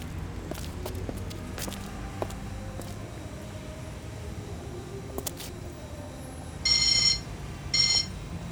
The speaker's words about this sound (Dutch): Ja, hallo, wat moet er met die bel? Ik ben niet doof, hoor.